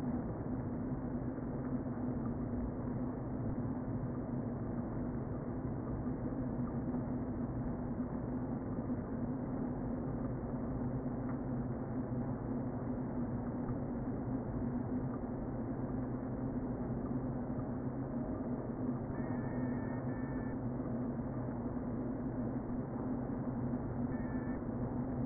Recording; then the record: honeybee colony, microphone inside the hive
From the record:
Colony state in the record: queen present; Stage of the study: before two queens were removed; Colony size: about 60,000 bees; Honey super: yes